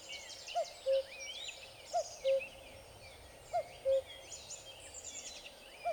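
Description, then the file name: Common cuckoo giving its falling two-note cuckoo call about every one and a half seconds, with many other birds twittering and whistling in the background. Recorded 17 April 2007. "Cuckoo 2007 04 17"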